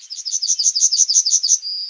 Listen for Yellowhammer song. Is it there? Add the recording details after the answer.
yes. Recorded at under 5 m from the bird. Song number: 169